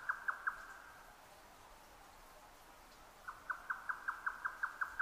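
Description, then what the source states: Grey nightjar song: a short burst of rapid hollow knocking notes, a pause, then a longer run of evenly spaced knocks. Recorded 12 June 2009 at 22:41.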